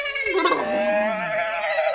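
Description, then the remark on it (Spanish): A single drawn-out horse neigh, a loud, quavering whinny that starts high and slides downward, trembling as it fades over about two seconds, with no talking. “Los caballos relinchan.”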